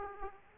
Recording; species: mosquito wingbeat signal from an infrared sensor; Aedes aegypti